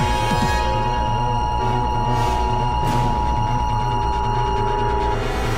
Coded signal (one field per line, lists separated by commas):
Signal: Emergency Alert System (SAME) tones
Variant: 853 and 960 Hz attention tone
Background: music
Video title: EAS Scenario - True Killer